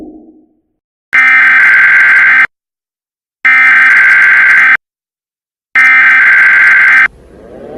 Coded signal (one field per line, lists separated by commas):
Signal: Emergency Alert System (SAME) tones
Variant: header bursts